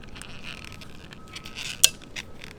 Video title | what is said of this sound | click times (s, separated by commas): Installing Window visors and Rally Armor mud flaps on the 2019 Wrx. | Once you hear it click, that means it's good to go. | 1.8 s